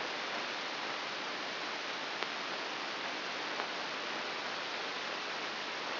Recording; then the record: brain microelectrode recording played as sound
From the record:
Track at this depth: inside the subthalamic nucleus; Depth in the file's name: 3.602 mm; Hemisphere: right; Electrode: 3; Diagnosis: Parkinson's disease